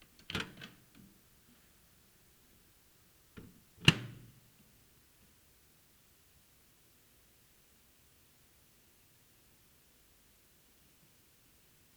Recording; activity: daily activity, guitar pickup as the sensor; use microwave